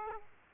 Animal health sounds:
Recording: mosquito wingbeat signal from an infrared sensor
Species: Aedes aegypti

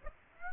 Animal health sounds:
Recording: mosquito wingbeat signal from an infrared sensor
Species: Aedes aegypti

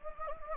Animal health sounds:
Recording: mosquito wingbeat signal from an infrared sensor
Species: Anopheles gambiae

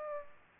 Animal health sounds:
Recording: mosquito wingbeat signal from an infrared sensor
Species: Aedes aegypti

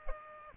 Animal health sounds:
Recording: mosquito wingbeat signal from an infrared sensor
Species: Aedes aegypti

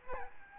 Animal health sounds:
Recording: mosquito wingbeat signal from an infrared sensor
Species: Aedes albopictus

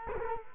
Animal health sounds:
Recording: mosquito wingbeat signal from an infrared sensor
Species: Culex quinquefasciatus

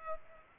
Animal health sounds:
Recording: mosquito wingbeat signal from an infrared sensor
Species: Culex pipiens

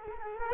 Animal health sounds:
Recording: mosquito wingbeat signal from an infrared sensor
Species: Culex quinquefasciatus

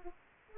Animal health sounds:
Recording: mosquito wingbeat signal from an infrared sensor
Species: Aedes aegypti

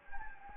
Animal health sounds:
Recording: mosquito wingbeat signal from an infrared sensor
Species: Anopheles gambiae

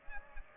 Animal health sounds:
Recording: mosquito wingbeat signal from an infrared sensor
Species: Aedes aegypti

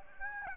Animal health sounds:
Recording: mosquito wingbeat signal from an infrared sensor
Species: Aedes aegypti

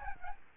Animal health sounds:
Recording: mosquito wingbeat signal from an infrared sensor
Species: Aedes albopictus

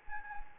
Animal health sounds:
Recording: mosquito wingbeat signal from an infrared sensor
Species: Anopheles gambiae

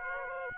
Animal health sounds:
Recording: mosquito wingbeat signal from an infrared sensor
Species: Aedes aegypti

